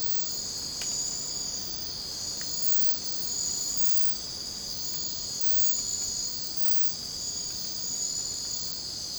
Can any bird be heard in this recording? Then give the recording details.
no. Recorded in secondary vegetation near Puerto Asís, Putumayo, Colombia, on 20 December 2024 at 04:30. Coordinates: 0.499, -76.323. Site G010